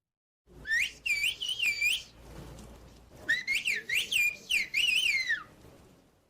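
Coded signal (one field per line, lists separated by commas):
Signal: whistled language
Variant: Turkish kuş dili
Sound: two bursts of loud gliding whistles, rising and falling pitch like speech melody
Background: room noise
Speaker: the un's educational scientific and cultural organization or unesco has identified the bird language as an endangered cultural heritage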